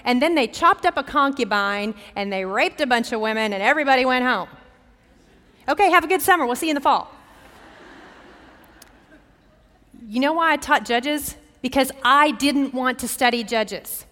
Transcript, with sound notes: And then they chopped up a concubine and they raped a bunch of women and everybody went home. Okay. Have a good summer. We’ll see you in the fall. [laughter] You know why I taught Judges? Because I didn’t want to study Judges.